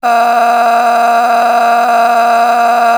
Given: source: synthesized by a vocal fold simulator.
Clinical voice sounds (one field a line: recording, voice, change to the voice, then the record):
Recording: sustained vowel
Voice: female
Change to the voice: a random mix of aspiration noise, stiffness perturbation and strain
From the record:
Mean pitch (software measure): 235 Hz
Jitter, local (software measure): 1.79%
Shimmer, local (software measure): 14.2%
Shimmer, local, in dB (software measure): 1.23 dB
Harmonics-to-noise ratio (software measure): 11.5 dB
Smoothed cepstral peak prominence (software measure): 11.9 dB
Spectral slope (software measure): -17.5 dB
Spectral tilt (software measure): -8.8 dB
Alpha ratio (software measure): -8.0 dB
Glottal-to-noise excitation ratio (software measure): 0.781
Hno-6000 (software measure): 1.8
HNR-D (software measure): 32.4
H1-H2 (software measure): -1.2 dB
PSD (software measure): 9.7e-05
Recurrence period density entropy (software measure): 0.126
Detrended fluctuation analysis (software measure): 0.0117